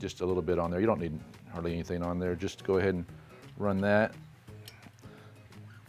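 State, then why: Seated. During reassembly of an FX Indy air rifle's built-in pump, a metal part with a little metal-to-metal paste on it is run along the pump housing while someone talks. At 4.7 seconds it finds its hole and snaps into place with one sharp, fairly loud hit, seating the pump component.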